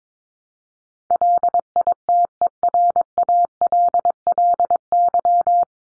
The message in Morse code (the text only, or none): LITERALLY